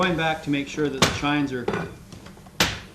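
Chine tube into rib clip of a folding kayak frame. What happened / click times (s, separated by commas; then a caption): The frame tube snapped into its clip / 2.6 s. Someone talks while pressing the aluminium chine tube of a Feathercraft K1 Expedition folding kayak frame onto a rib, going back to make sure the chines are in place. A single sharp snap is heard at 2.6 seconds as the chine tube seats into the rib's clip.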